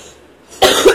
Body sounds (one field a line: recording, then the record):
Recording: coughing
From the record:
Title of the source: 34 coughing up crap again